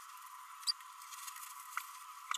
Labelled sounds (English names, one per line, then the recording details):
Green-rumped Parrotlet babbling
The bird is a female
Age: 32 days
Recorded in a nest box in Venezuela
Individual 17B32A7